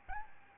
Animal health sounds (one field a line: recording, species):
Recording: mosquito wingbeat signal from an infrared sensor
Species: Aedes albopictus